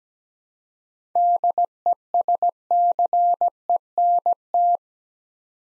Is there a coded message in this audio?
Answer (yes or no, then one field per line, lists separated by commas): yes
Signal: Morse code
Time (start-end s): 1.2-4.8 s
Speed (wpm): 17 wpm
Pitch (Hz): 700 Hz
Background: none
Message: DESCENT